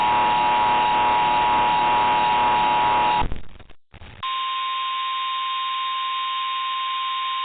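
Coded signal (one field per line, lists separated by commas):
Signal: Emergency Alert System (SAME) tones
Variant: 853 and 960 Hz attention tone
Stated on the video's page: Mock EAS alert, a recreation.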